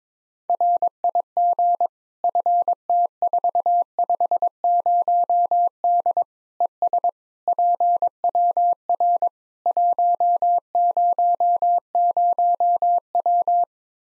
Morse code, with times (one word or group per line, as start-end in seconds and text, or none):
0.5-1.9 RIG
2.2-6.2 FT450D
6.6-7.1 ES
7.5-9.3 PWR
9.7-13.6 100W